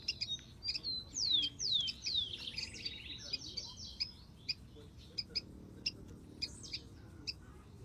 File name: canto do tico tico